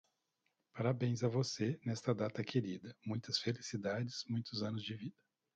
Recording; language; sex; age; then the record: short text; Brazilian Portuguese; male; 40 to 49 years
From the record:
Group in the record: control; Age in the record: 46 years